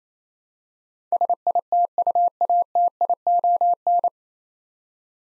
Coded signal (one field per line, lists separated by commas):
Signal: Morse code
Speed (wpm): 28 wpm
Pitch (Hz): 700 Hz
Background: none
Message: SITUATION